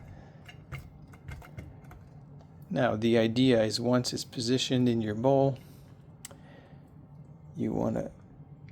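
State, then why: Not seated. A latching cable connector is being handled at an exciter unit positioned in a bowl, with faint ticks and light clicks early on, a sharp tap near 6.3 s and a short sound at the very end. Someone talks in the middle and briefly near the end. The clip ends before the connector goes home, so nothing has seated or clicked yet.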